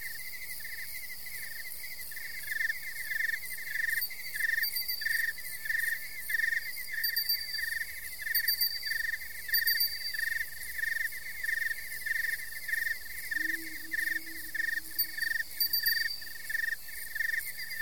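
Natural night sounds: crickets trill in a dense, steady pulsing chorus, with a faint low call drifting in near the end.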